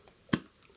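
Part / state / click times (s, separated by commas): locking tab on a medium-format camera film insert / seated / 0.3 s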